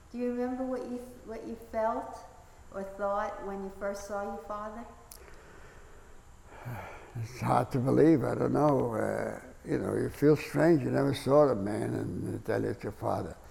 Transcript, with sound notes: Do you remember what you felt or thought when you first saw your father?
[sighs] It's hard to believe. I don't know. You know, you feel strange. You never saw the man and they tell you it's your father.